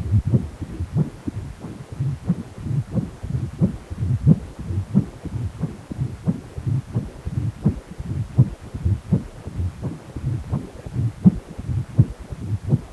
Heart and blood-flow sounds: Doppler ultrasound of blood flow; precordium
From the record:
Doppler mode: continuous wave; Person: healthy adult, 18 to 50 years, no heart murmur, not diving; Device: 2.5 MHz transducer

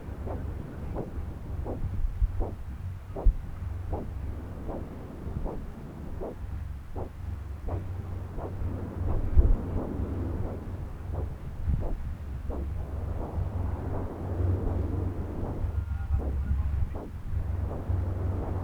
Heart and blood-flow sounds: Doppler ultrasound of blood flow; right subclavian vein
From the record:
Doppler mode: continuous wave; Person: adult scuba diver, at rest before a dive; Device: O'Dive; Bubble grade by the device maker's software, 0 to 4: 0

